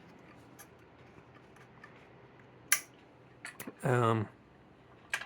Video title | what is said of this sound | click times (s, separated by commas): X-ACTO Ranger 55 Pencil Sharpener Unboxing and Overview | turn it to what you want but it does SNAP in place | 2.7 s